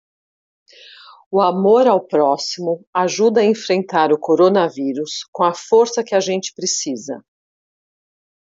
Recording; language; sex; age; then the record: spoken sentence; Brazilian Portuguese; female; 50 to 59 years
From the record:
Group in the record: control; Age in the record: 53 years